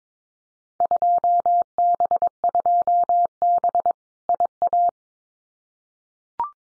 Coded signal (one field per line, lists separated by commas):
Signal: Morse code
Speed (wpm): 22 wpm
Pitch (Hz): 700 Hz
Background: none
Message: 2B 2B IA